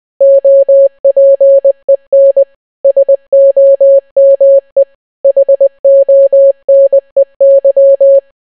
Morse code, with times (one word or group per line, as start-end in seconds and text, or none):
0.2-2.4 OPEN
2.8-4.8 SOME
5.2-8.2 HONEY